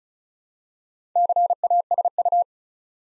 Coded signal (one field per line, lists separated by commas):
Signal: Morse code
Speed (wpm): 36 wpm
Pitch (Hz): 700 Hz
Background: none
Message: CASU